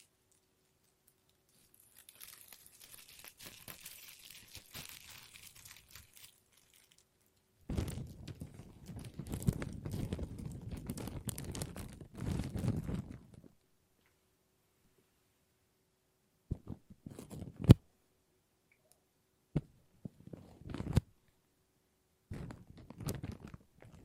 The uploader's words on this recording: ASMR Plastic Crinkle No Talking.